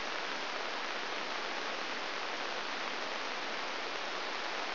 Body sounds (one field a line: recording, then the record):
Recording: brain microelectrode recording played as sound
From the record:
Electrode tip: inside the subthalamic nucleus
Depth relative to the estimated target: 2 mm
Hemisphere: right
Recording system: AlphaMap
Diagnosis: Parkinson's disease